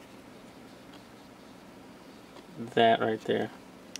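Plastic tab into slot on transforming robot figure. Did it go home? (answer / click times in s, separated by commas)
no / none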